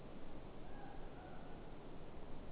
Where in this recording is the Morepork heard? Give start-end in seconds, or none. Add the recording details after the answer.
0.50-1.79. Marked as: faintness 3/5. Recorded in New Zealand. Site Eglinton